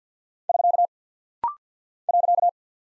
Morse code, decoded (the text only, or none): <SK> .